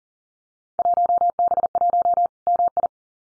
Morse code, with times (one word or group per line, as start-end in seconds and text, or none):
0.8-2.3 1B1
2.5-2.9 MI